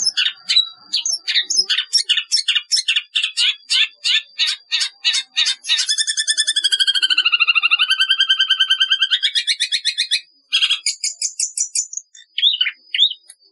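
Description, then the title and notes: Long-tailed shrike song: fast series of harsh clipped notes, then long buzzy rattling trills sliding gently down and up, ending with short scratchy phrases. "Kicau Burung Cendet"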